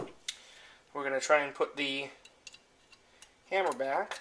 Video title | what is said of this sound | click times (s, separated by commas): S&W K Frame Detail Strip Disassembly for cleaning, action job or repair M&P Revolver | just going to kind of work in until it pops right into place there | 0.3 s